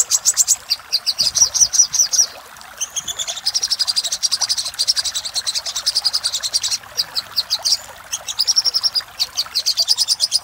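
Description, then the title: Little spiderhunter song: sharp, high chips repeated quickly in bursts, some runs faster and denser, with a faint background hiss. Master recording used to train caged birds; local Indonesian name Sogok Ontong. "Masteran Burung Sogok Ontong Labaik"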